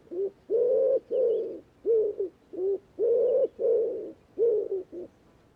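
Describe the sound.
Bird cooing steadily, about ten deep hollow notes in quick succession, some long and some clipped short.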